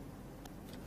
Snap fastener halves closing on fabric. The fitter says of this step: and we listen up perfectly and they do snap did you hear it yes i can hear yeah yeah